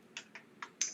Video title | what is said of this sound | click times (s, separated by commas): HandiMop Sponge Mop Kit with 5Roller Wringer | lay it flat you hear it click rinse it off you know | 0.8 s